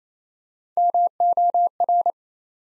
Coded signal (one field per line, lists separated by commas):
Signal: Morse code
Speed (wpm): 28 wpm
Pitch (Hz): 700 Hz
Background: none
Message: MOR